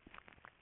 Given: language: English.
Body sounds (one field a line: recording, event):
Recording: throat vibration sensor signal played as sound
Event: swallow